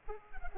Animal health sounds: mosquito wingbeat signal from an infrared sensor; Culex pipiens

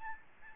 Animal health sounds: mosquito wingbeat signal from an infrared sensor; Aedes albopictus

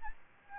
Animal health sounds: mosquito wingbeat signal from an infrared sensor; Aedes albopictus

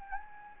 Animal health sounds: mosquito wingbeat signal from an infrared sensor; Anopheles gambiae

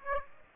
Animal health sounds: mosquito wingbeat signal from an infrared sensor; Aedes aegypti

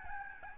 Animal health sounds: mosquito wingbeat signal from an infrared sensor; Aedes albopictus

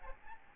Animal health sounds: mosquito wingbeat signal from an infrared sensor; Aedes albopictus

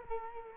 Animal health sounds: mosquito wingbeat signal from an infrared sensor; Culex quinquefasciatus

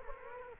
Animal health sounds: mosquito wingbeat signal from an infrared sensor; Culex quinquefasciatus

